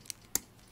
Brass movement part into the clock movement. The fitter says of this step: hear it click as it drops in